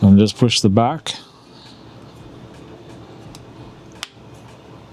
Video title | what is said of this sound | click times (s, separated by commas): Watch & Learn Wednesday: Change Your Watch Battery INSTANTLY! #watchrepair | See, you guys heard it snapped on there. | 4.0 s